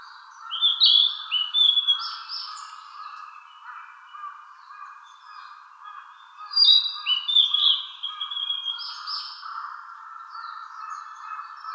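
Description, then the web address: Narcissus flycatcher song: short whistled, warbling phrases in two bursts, about six seconds apart, over a steady pulsing lower-pitched chorus throughout. Recorded 24 June 2014. "birdenaga kibitaki 140624"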